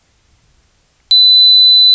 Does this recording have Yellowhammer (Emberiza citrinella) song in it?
no